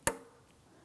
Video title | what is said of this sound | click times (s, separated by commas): How to Replace Tailgate Kit 2007-2014 GMC Sierra 2500 HD | After you hear an audible click, you want to try to give this a wiggle. | 0.1 s